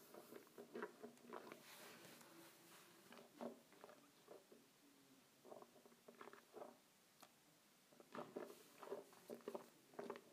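Water swishes around in a mouth, a wet, squelching churn that comes in quick bursts of bubbly clicks and gurgles. The sloshing is busiest early and again after eight seconds, with a calmer, sparser stretch in the middle, and a few sharp wet pops stand out.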